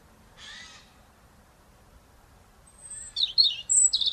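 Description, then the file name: European robin singing a high, thin, tumbling phrase of sharp whistled notes in the second half, after one earlier rasping burst. "Erithacus rubecula"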